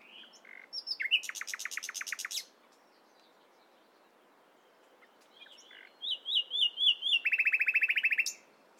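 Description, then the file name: Common nightingale song of rapid pulsed notes, a silent gap, then chirps, a wavering whistle and a fast even trill. "Luscinia megarhynchos"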